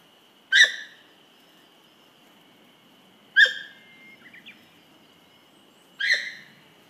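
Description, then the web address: Sika deer calls: three sharp, squeaky bursts a few seconds apart, over a steady high-pitched hum and soft background hiss. "izumino hitorigoto sika"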